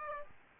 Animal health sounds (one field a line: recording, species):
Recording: mosquito wingbeat signal from an infrared sensor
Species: Aedes aegypti